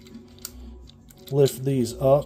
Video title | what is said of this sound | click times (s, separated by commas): G2 Universe Laser Optimus Prime - Transformers Tuesdays | but just click that down. | 0.5 s